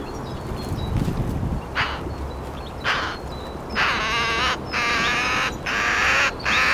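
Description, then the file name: Eurasian magpie chatter: harsh, rattling bursts, two short then several longer noisy blasts in quick sequence over steady background hiss. "Pica pica"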